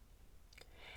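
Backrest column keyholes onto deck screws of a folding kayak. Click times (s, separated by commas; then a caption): 0.5 s, 0.6 s. The two keyholes in a folding kayak's backrest column are placed over two shiny screws below the kayak deck and slid into the slot to lock. Two short clicks sound at 0.5 s and 0.6 s over a low, steady background hum. The backrest column locks in place on the screws.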